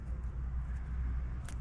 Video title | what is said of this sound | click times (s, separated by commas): Installing a Front Lip and Smoked 3rd Brake light From Amazon on My 2014 Mustang GT!! | grab this, just kind of pop that together | 1.5 s